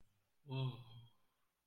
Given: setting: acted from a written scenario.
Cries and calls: vocal sound without words; ecstasy

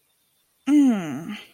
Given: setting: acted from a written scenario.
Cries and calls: vocal sound without words; pain

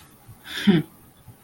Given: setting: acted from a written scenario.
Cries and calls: vocal sound without words; contempt

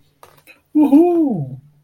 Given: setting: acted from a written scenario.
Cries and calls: vocal sound without words; ecstasy

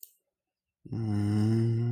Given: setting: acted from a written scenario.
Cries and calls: vocal sound without words; desire

